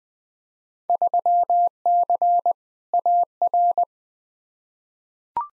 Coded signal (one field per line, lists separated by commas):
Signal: Morse code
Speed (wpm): 20 wpm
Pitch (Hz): 700 Hz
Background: none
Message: 3C AR